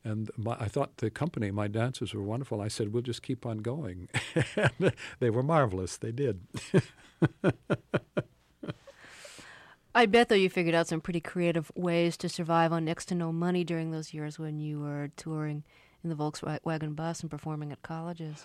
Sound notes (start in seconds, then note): 4.1 laughter; 6.5 laughter